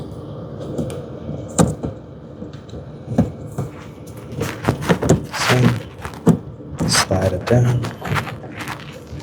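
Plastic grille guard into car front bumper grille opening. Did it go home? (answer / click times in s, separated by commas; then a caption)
no / none. A plastic front grille guard is handled and slid down into the front bumper grille opening of a Tesla Model Y, with a series of short plastic knocks and thuds over background music while someone talks. Nothing has seated or clicked into place yet.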